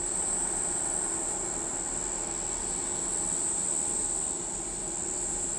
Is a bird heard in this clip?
no